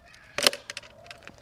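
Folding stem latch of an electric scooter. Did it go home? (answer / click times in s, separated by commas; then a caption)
yes / 0.5 s. The folding stem latch of an electric scooter is pressed towards the user, and the stem locks into place with a sharp metallic clack at 0.5 s, within a burst of clatter starting around 0.4 s. A few lighter clicks follow near 0.7, 0.8 and 1.1 s, and the latch is seated.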